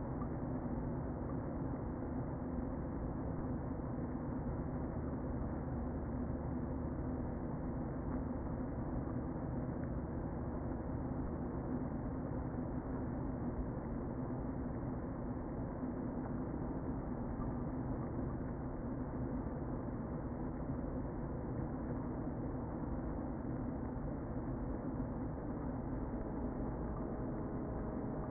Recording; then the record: honeybee colony, microphone inside the hive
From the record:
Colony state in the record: queen present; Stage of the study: before two queens were removed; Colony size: about 60,000 bees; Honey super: yes